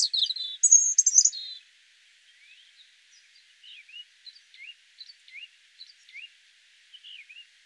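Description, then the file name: European robin giving a burst of high, rapid, trilling notes, followed by a series of faint, short notes about every half second. "Erithacus rubecula"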